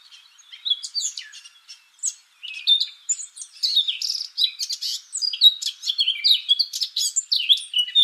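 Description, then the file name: Eurasian blackcap song, a rapid run of varied chirps and scratchy warbled notes with a few brief pauses. "Sylvia atricapilla"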